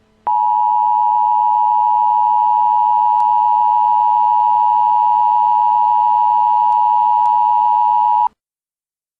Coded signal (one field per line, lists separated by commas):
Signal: Emergency Alert System (SAME) tones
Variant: 853 and 960 Hz attention tone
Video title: All EAS Scenario Videos (PART 1)